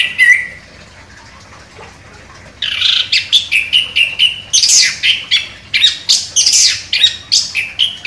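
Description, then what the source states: Orange-headed thrush song: after a quiet start, a rapid run of varied high whistled and squeaky notes, loud and sharply repeated, with little else heard. Described as gacor, vigorously singing.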